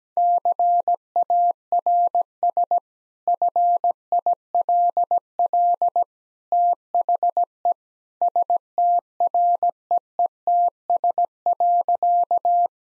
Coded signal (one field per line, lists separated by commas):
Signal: Morse code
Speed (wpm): 17 wpm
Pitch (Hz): 700 Hz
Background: none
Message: CARS FILL THE STREETS.